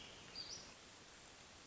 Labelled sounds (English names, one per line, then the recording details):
Hermit Thrush
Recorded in Sonoma County, California